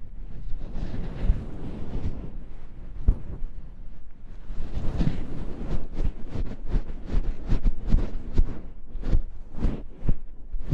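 Soft, fluffy rubbing and brushing sounds, dense and low, like a fuzzy material pressed and stroked over a microphone. The muffled rustling stays steady for the first few seconds, then grows livelier, with quick brighter swishes and taps arriving every half second or so.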